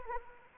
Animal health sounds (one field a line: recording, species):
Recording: mosquito wingbeat signal from an infrared sensor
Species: Anopheles arabiensis